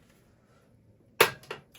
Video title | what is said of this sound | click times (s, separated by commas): Defrost, Dimmer, Mirror SW - Custom Accessories | snaps back in | 1.2 s